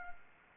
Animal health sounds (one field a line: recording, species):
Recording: mosquito wingbeat signal from an infrared sensor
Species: Anopheles arabiensis